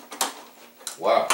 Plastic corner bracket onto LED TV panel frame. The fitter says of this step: those actually just snap right in